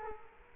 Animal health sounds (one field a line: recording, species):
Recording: mosquito wingbeat signal from an infrared sensor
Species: Culex quinquefasciatus